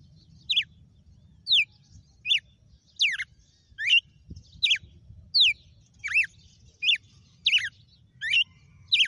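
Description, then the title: Red-cowled cardinal repeating a rapid series of sharp, high, down-slurred whistled notes. Female bird singing. "GALO DE CAMPINA FENRIR"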